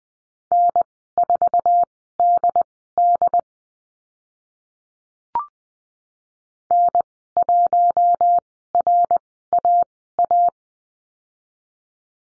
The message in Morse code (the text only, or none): N4DD N1RAA